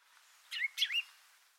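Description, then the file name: Common chaffinch giving two short, clear call notes in quick succession. "Fringilla coelebs"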